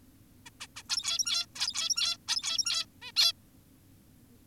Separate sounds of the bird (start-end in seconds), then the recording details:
0.46-0.50, 0.61-0.67, 0.76-0.83, 0.89-1.46, 1.56-2.17, 2.28-2.86, 3.02-3.12, 3.16-3.32. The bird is an adult. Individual g17y2U